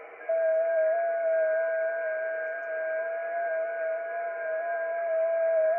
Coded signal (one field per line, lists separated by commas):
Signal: FT8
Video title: Danny Shortwave And Radio DX Live Stream 6/7/2025 6 meter band FT8 & FM DXing